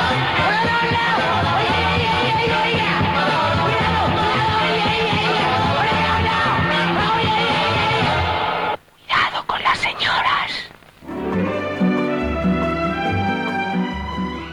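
A lively 1960s Spanish pop song, the title theme of the 1968 film Cuidado con las señoras, plays loud and full, with vocals over a strong band and bass. It breaks off briefly into scattered sounds around the middle, then the music resumes.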